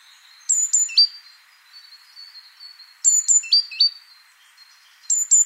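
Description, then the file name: Great tit giving clipped phrases of two high piercing notes falling to lower chirps, the phrase returning roughly every two to three seconds over a faint background hiss. "Parus major"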